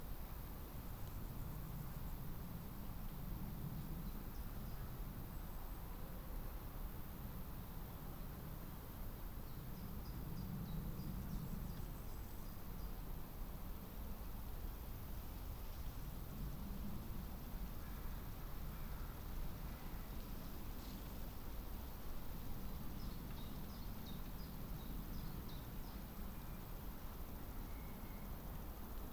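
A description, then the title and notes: A summer meadow at a woodland edge, with a steady low rumble filling the whole recording, swelling softly every few seconds. Faint bird chirps and short trills flicker above it now and then, clustering around 6, 10, and 22 seconds. Summer meadow woodland edge. How banks of soft summer air move spatially across the treetops. We travelled into Hertfordshire (by train and on foot of course) to take this sound photograph from as near as possible to the Clinton Baker Pinetum one lunchtime last week.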